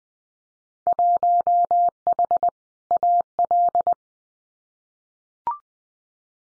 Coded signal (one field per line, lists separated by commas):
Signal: Morse code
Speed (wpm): 20 wpm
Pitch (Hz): 700 Hz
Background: none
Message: 1H AL